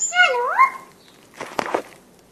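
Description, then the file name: Myna talking, a brief speech-like swooping phrase at the start, followed by soft scuffling noises. Talking myna saying hi. "myna say to hi"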